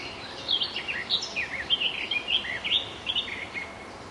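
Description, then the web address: Garden warbler song, a rapid continuous warble of mellow, varied notes running without a break against a steady background hiss. At Zakole Wawerskie, Poland. "zakole-wawerskie nagrania gajowka"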